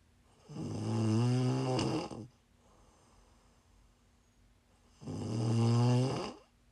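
A sleeping adult woman gives two low, rumbling inspiratory snores about four seconds apart, with quiet exhalation between them: ordinary sleep snoring.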